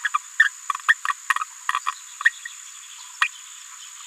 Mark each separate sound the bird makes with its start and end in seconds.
0.04-0.08, 0.14-0.18, 0.39-0.49, 0.88-0.93, 1.41-1.44, 3.21-3.28